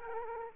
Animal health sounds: mosquito wingbeat signal from an infrared sensor; Aedes aegypti

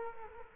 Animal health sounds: mosquito wingbeat signal from an infrared sensor; Culex quinquefasciatus

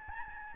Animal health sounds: mosquito wingbeat signal from an infrared sensor; Aedes albopictus

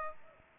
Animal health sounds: mosquito wingbeat signal from an infrared sensor; Aedes aegypti

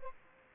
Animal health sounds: mosquito wingbeat signal from an infrared sensor; Aedes albopictus

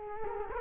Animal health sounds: mosquito wingbeat signal from an infrared sensor; Culex quinquefasciatus

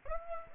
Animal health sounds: mosquito wingbeat signal from an infrared sensor; Aedes aegypti

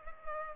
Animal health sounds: mosquito wingbeat signal from an infrared sensor; Culex pipiens

